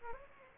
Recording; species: mosquito wingbeat signal from an infrared sensor; Aedes aegypti